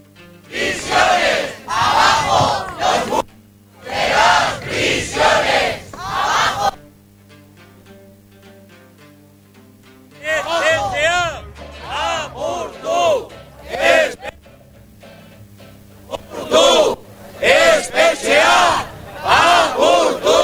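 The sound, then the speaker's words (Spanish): A protest crowd at the march in Zuera shouts chants in loud, rhythmic bursts, pausing for a few seconds of near quiet before the massed voices rise again in repeated waves of yelling. “Bueno, pues con esto vamos a conexión, unos gritos más.”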